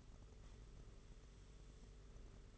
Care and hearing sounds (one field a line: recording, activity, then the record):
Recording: daily activity, microphone in the room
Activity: sweep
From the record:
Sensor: 4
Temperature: 27.1 degrees Celsius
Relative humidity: 38.3%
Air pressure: 992.2 hPa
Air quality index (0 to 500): 110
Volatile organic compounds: 18 ppm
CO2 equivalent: 2631 ppm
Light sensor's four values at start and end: 23/79/29/31 and 23/79/29/31